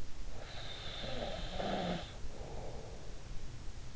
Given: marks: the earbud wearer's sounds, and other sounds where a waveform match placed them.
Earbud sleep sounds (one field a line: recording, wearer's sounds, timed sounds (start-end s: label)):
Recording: sounds in sleep by an in-ear microphone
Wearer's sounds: snoring breath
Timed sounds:
0.23-3.32 s: snoring breath